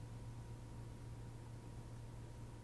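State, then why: Not seated. A wireless plug-on transmitter, its twist ring loosened for the quick-release pin, has its XLR socket lined up with a microphone's XLR connector before being pushed home. Only a steady broadband hiss is heard, with a low hum around 100–130 Hz and a faint tone near 900 Hz. Nothing has seated or clicked yet.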